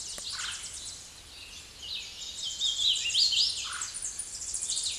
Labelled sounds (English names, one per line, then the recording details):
Hooded Warbler song
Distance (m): 15 m
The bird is about 15 m above the microphone
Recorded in a Pennsylvania forest on 16 May 2024 at 08:01
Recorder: AudioMoth, point MSD-1411
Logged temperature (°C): 16.1 °C
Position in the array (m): 37 m, 182 m